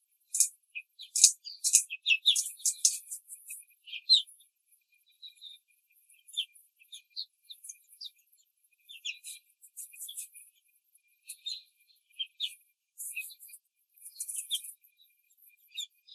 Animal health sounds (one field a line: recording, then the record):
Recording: young laying hens in a cage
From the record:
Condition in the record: control cage, before the stress test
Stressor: none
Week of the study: 4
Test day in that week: 3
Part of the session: 2